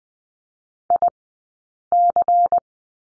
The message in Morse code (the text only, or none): IC